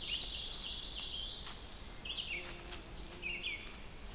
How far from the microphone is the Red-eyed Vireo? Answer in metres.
about 50 m